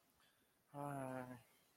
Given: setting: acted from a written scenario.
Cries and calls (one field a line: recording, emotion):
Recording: vocal sound without words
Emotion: sadness